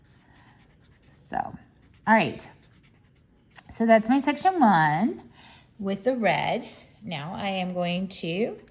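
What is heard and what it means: A cap is being handled onto a plastic felt-tip marker after a red section is finished, with the cap to be pushed on until it snaps as a way of caring for the marker. Someone talks throughout, with a few soft handling and scratchy sounds between the words. Nothing has seated or clicked yet.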